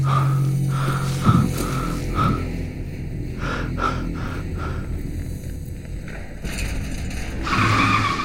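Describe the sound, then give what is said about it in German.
A car brakes hard at red traffic lights on streets with no other cars, its tires letting out a long, high, wavering squeal over a steady engine rumble, with a few brief louder screeches along the way and no talking. “Obwohl keine anderen Autos mehr fahren, bremse ich bei roten Ampeln ab.”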